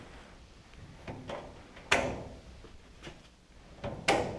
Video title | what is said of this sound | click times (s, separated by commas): Harbor Freight Five Drawer Tool Cart Unbox Review and Assembly | they click in place pretty good | 1.9 s, 4.1 s